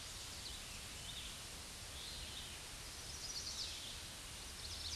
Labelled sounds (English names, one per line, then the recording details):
Chestnut-sided Warbler song
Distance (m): 45 m
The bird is about 5 m above the microphone
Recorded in a Pennsylvania forest on 16 May 2024 at 08:04
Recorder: AudioMoth, point MSD-2146
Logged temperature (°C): 16.7 °C
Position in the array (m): 129 m, 8 m